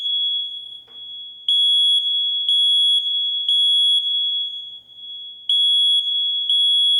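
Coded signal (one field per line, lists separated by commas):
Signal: alarm pattern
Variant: smoke detector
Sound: shrill high beeps in groups of three, a pause, then another group starting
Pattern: temporal three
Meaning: The smoke detector senses smoke, signalled by the temporal three fire alarm pattern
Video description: It is the recognizable smoke alarm beep beep beep that goes off when a smoke detector senses smoke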